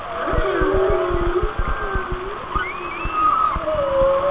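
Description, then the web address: Whale song in layered moans that dip and swell, ending with rising chirps and a higher drawn tone, over a background of rapid crackling clicks. "Natures Songs Whale Songs Whale Songs- Mike Mc Donald"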